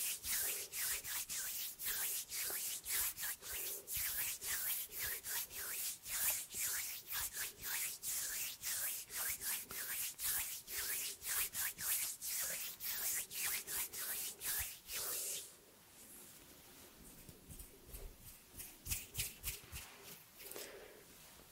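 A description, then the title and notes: Hands rub and brush together in quick, repeated strokes, a dry scratchy swishing that pulses several times per second. From about 15 seconds the strokes turn softer and thinner for a while, then pick up again in bursts toward the end. ASMR Hand sounds No talking.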